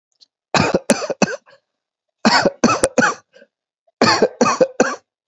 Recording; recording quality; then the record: shallow voluntary cough; excellent, no background noise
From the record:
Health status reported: COVID-19 positive, mild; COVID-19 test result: positive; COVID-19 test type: RT-PCR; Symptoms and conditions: cold, breathing difficulty, sore throat, fever, fatigue, muscle pain, loss of smell and taste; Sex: male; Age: 33 years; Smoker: no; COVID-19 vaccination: both doses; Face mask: worn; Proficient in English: yes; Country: India